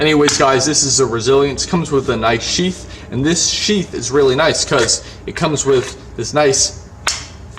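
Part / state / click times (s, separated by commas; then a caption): fixed-blade knife into its sheath / seated / 7.1 s. A man talks about a Resilience fixed-blade knife in coyote tan while pushing it into its molded sheath. At 7.1 s it snaps into the sheath's retention spot with a sharp click, seating securely so the knife can be carried upside down.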